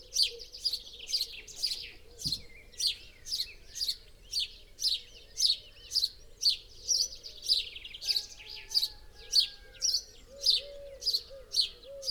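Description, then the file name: House sparrow giving a steady series of bright chirps, about two per second, continuing without pause across the whole stretch. "Passer domesticus"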